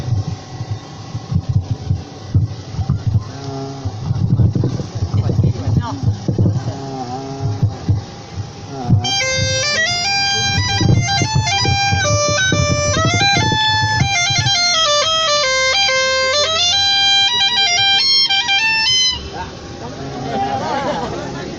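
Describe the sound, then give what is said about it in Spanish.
After several seconds of rustling and murmured voices, a Galician bagpipe (gaita) strikes up a lively Galician tune played live as a tribute at a celebration, over a steady drone, staying loud and continuous for about ten seconds before cutting off. “que vengan las gaitas, aunque ella era vasca, era una gallega por adopción, querida y adorada, y nada mejor que interpretar una pieza bien galega, bien gallega para ella, con todo el cariño del mundo.”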